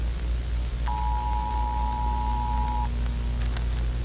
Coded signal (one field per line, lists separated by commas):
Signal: Emergency Alert System (SAME) tones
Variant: 853 and 960 Hz attention tone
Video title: EAS evacuation fail